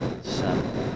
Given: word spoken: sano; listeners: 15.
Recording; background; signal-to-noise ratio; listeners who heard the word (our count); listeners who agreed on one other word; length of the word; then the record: one Spanish word in noise, from a listening test; noise modulated by three-talker babble; -4.7 dB; 0 of 15; 7 of 15; 0.56 s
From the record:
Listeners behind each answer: 7, 1, 1, 1, 1, 1, 1, 1, 1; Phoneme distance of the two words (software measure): 17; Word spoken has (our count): 2 syllables, 4 phonemes, stress on syllable 1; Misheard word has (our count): 1 syllable, 3 phonemes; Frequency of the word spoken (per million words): 15.64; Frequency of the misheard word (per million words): 79.15